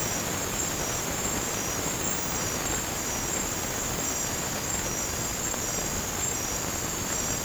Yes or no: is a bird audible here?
no